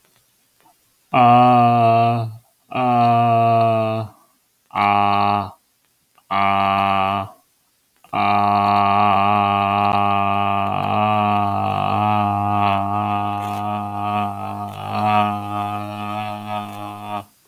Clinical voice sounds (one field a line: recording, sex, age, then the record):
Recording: vowel held as long as possible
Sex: male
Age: 30 to 39 years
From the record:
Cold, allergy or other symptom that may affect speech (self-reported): no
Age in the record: 31 years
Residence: New York, United States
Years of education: 20